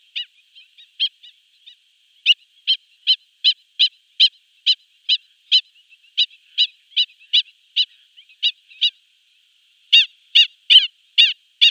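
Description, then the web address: Black-winged stilt uttering short sharp nasal notes in a rapid series, ending in a few louder calls. "Schulze Peter Black-winged Stilt"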